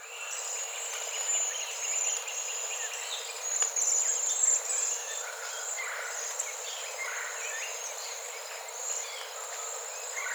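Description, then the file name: Cedar waxwing contact calls, thin, very high hissing notes blending into a steady shimmering sound, with a few brighter lisping notes standing out midway. Recorded 13 April 2018. "2018-04-13 CEWA"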